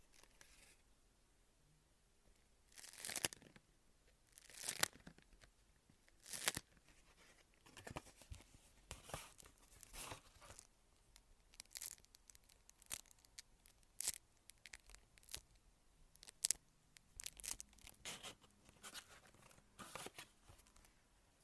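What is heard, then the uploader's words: Wax paper being handled, with crisp crinkles and short tearing rips. Bright, sharp bursts come every second or two, the loudest early on, separated by quieter stretches of light rustling. A faint low hum sits underneath in the latter half. Wax Paper Soothing ASMR (No Talking).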